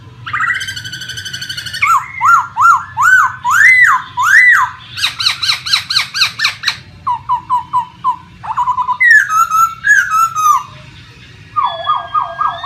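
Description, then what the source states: Laughingthrush song: varied loud phrases mixing buzzy trills, repeated arched whistles and rapid chattering notes, with short pauses between bursts and a steady low hum beneath. Laughingthrush singing in its wild, forest-style voice.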